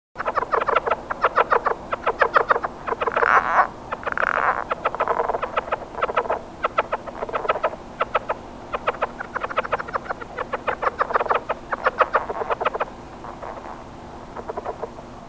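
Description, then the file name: Lowland leopard frog calling: long series of rapid, rattling pulses in bursts, continuing steadily for most of the recording with short pauses between runs. "Rana yavapaiensis"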